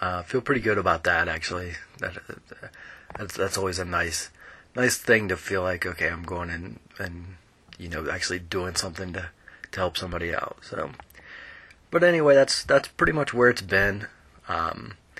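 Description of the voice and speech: A man speaks casually and unedited at a low pitch with frequent whole-word repetitions ("that's that's", "nice nice", "in in", "to to") and drawn-out sounds before pauses: mild stuttering.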